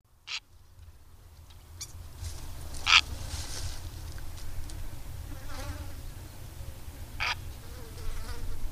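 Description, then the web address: Purple heron uttering brief hoarse croaks, several separate harsh calls a few seconds apart, with a low background hum. "agykontroll Madardalok Cd 3. Vörös gém"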